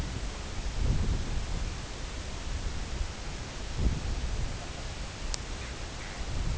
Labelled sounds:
King Eider (Somateria spectabilis), Arctic Tern (Sterna paradisaea)
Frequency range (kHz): King Eider (Somateria spectabilis) 0.2-1.4 kHz; Arctic Tern (Sterna paradisaea) 0.2-3.0 kHz
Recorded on Arctic tundra, site CORI-1, on 18 June 2018
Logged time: 22:00

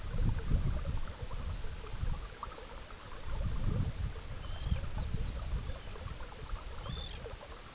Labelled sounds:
unidentified sound, Arctic Tern (Sterna paradisaea)
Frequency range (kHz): Arctic Tern (Sterna paradisaea) 1.9-4.3 kHz
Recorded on Arctic tundra, site EABA-MC, on 19 June 2019
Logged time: 22:00

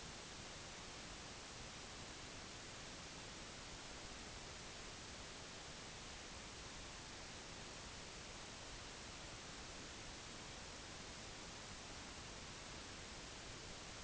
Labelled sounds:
none
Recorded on Arctic tundra, site NAIT-1, on 25 June 2019
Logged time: 10:00

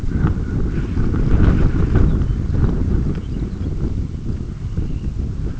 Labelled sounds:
Lapland Longspur (Calcarius lapponicus), Dunlin (Calidris alpina)
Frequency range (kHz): Lapland Longspur (Calcarius lapponicus) 2.3-5.3 kHz; Dunlin (Calidris alpina) 2.3-3.8 kHz
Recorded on Arctic tundra, site UTQI-5, on 26 June 2018
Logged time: 20:00

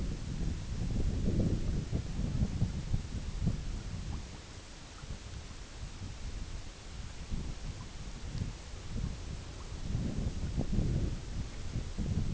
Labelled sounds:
none
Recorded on Arctic tundra, site IGLO-B, on 21 June 2018
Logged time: 15:59

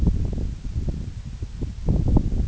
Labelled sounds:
none
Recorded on Arctic tundra, site NAIT-1, on 26 June 2019
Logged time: 16:00

